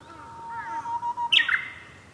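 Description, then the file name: Japanese bush warbler song: a held low whistle that swells and rises slightly, then a sharp, bright burst of higher notes near the end. "uguis"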